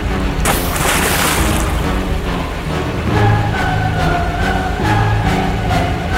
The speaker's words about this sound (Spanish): Mi cuerpo permaneció suspendido por segundos en el vacío, pero casi al instante me zambullí con violencia en las frías y agitadas aguas del río.